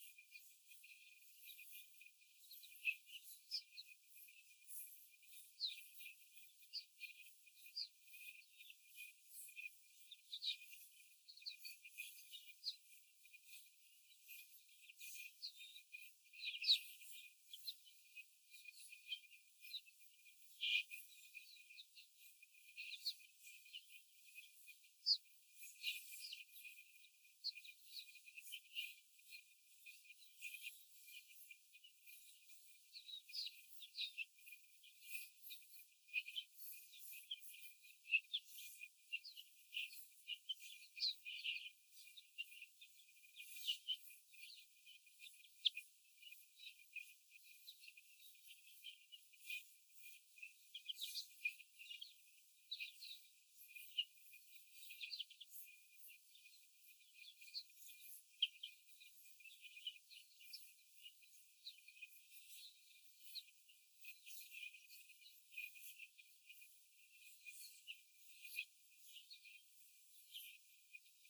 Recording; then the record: young laying hens in a cage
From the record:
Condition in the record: after the stressor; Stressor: simulated dog barking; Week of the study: 4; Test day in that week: 1